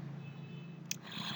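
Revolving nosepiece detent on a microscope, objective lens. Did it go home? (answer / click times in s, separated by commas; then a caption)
yes / 0.9 s. The revolving nosepiece of a microscope is turned to bring the 4x objective lens into the light path. Over a steady low hum, a single sharp click at 0.9 s marks the detent engaging, and the 4x objective is seated in position.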